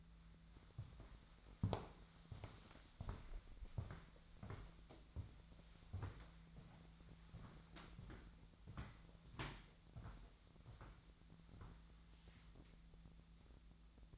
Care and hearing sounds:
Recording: daily activity, microphone in the room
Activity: walk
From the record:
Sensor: 3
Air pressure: 1008.4 hPa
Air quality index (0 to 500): 192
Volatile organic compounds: 14 ppm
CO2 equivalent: 2468 ppm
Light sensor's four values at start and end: 20/49/21/22 and 20/48/20/21

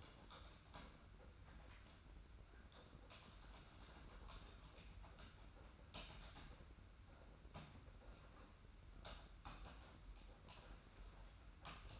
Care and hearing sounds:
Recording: daily activity, microphone in the room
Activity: typing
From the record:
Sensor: 2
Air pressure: 991.6 hPa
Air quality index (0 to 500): 193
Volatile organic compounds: 1000 ppm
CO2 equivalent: 6348 ppm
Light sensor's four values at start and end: 27/84/33/31 and 27/84/33/31

